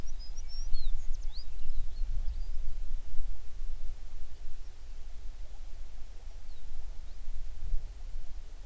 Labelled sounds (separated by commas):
songbird